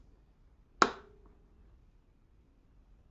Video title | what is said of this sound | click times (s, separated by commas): MURRAY 11A-A1BF758 - $20 SCRAPYARD PICKED - CAN IT BE SAVED? | and that snaps back in | 0.8 s